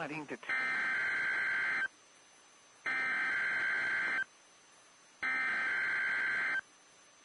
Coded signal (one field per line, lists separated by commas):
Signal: Emergency Alert System (SAME) tones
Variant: header bursts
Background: speech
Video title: Tests, Tests are everywhere. (EAS #845-#854)